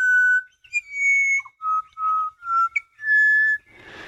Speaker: Now we're hearing another of the beautiful dawn voices of Australia. The pied butcher bird.